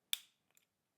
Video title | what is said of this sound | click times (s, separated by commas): Eve Thermo Control - not charging fix - display empty battery symbol | by pressing and as you are able to hear we've got that nice clicked we are all set | 0.1 s